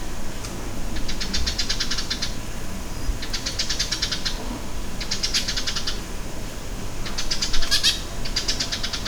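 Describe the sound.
Bird giving rapid, dry, pulsed rattling bursts of a second or two, repeating every couple of seconds, over a steady low rumble.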